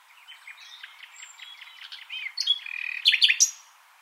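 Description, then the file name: Common nightingale song: soft scattered notes building into a loud burst of sharp, varied chirps and a rattling trill near the end. "Luscinia megarhynchos"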